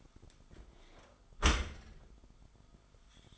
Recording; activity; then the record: daily activity, microphone in the room; close dishwasher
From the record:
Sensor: 5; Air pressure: 1004.7 hPa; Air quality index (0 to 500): 89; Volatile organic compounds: 2 ppm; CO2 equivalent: 1070 ppm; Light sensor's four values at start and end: 33/76/31/30 and 33/76/31/30